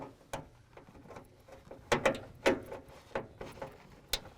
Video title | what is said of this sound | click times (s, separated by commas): GatorTrax Retractable Tonneau Cover Install on 2016 Tacoma - GatorCovers.com | Once you hear it click, it's installed. | 4.1 s